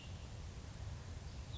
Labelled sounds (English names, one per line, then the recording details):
Cassin's Vireo
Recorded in Sonoma County, California